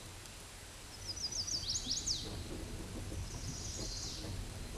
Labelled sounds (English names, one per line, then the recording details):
Chestnut-sided Warbler song
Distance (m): 35 m
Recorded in a Pennsylvania forest on 17 May 2023 at 12:11
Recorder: AudioMoth, point grid1_41_low
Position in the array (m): 120 m, 206 m